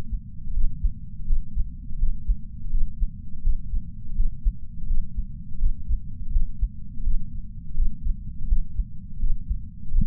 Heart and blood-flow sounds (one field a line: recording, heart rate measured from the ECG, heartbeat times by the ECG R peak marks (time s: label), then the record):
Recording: heart sounds by patch sensor on the chest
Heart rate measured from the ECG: 83 bpm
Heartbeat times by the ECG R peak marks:
0.54 s: heartbeat
1.26 s: heartbeat
1.99 s: heartbeat
2.71 s: heartbeat
3.42 s: heartbeat
4.16 s: heartbeat
4.87 s: heartbeat
5.59 s: heartbeat
6.32 s: heartbeat
7.04 s: heartbeat
7.75 s: heartbeat
8.48 s: heartbeat
9.20 s: heartbeat
9.91 s: heartbeat
From the record:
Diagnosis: coronary artery disease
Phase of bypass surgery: postoperative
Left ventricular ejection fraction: 56.8%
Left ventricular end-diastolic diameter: 44 mm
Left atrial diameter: 32 mm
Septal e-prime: 5.7 cm/s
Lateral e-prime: 6.1 cm/s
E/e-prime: 10.2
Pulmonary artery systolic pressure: 32 mmHg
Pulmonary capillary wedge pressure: 12 mmHg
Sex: male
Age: 65 years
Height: 165 cm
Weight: 60 kg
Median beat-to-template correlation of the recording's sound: 0.87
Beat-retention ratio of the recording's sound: 1.00